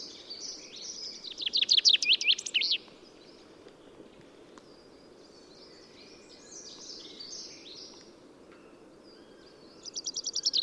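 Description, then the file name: Common chaffinch song: a rapid series of notes ending in a flourish, then soft bird chatter, and a second song beginning at the end. "Fringilla coelebs"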